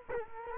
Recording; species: mosquito wingbeat signal from an infrared sensor; Culex quinquefasciatus